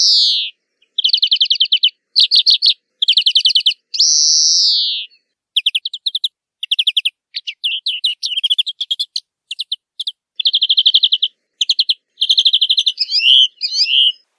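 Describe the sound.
European greenfinch song: fast rattling trills mixed with one long wheezy drawn-out note near four seconds, then more varied twittering trills.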